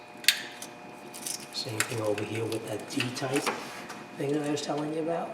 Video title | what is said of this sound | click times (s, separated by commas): Alternator Replacement 2004-2012 Ford Super Duty F350 5.4L | And you'll push them in and you'll feel it snap in place. | 0.3 s